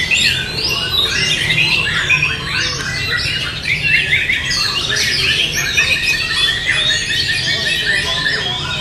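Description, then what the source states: White-rumped shama song: busy whistled notes and quick trills in an unbroken stream, over a steady hiss of ambient noise. Wild bird; natural song recorded in forest.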